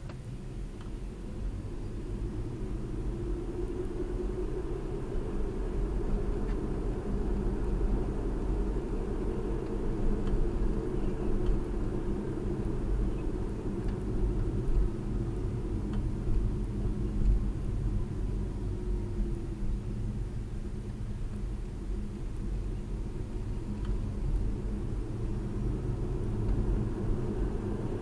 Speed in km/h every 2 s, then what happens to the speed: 26, 37, 44, 45, 45, 42, 37, 31, 27, 23, 23, 26, 34, 42.
0-4 speeds up to 44. 8-17 slows to 23. 21-28 speeds up to 42.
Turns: none.